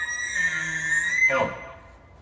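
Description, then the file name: Elk bugle ending: a sustained high whistle over a low tone, collapsing into a rough downward squeal and fading out. Bull; recorded 18 October 2015. "Elk Bulland Cows 20151018"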